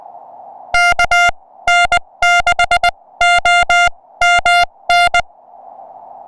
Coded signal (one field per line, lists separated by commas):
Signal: Morse code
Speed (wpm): 20 wpm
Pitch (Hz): 700 Hz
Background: music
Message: K N6OMN